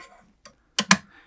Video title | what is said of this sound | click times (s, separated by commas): Sainsmart 52mm Dust Shoe | and so it clips into place with the magnet and then again | 0.8 s, 0.9 s